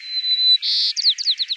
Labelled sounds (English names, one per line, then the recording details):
White-crowned Sparrow song
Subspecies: nuttalli
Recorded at Battery West, California, in 2013
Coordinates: 37.805, -122.476
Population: north
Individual presbwE_13